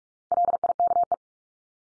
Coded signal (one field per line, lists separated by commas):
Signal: Morse code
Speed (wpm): 44 wpm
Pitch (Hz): 700 Hz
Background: none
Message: LIKE